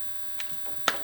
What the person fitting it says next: Yep, click right on. There it is.